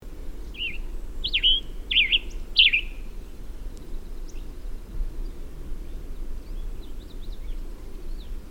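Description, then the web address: Western tanager calls, four burry chirps in the first three seconds, followed by faint high ticks and soft background noise. "Western Tanager Sounds --LNSCourse"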